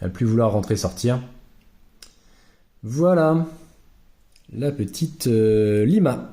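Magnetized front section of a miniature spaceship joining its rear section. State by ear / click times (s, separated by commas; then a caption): seated / 2.0 s. Someone talks while the magnetized front section of a painted plastic spaceship miniature is joined to its rear section with small 3 x 1 mm magnets, paint and plastic having been scraped off the joint so it fits together easily. A sharp snap at 2.0 s marks the two sections seating together, and the talking then resumes.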